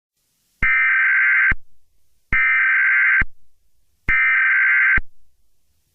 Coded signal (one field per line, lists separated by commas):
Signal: Emergency Alert System (SAME) tones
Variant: header bursts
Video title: The Purge: Remastered ~ A Remastered EAS Mini scenario